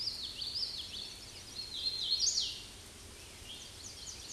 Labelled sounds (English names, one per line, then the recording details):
Hooded Warbler song
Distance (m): 20 m
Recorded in a Pennsylvania forest on 18 May 2023 at 07:32
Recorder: AudioMoth, point grid1_12_low
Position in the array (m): 158 m, 114 m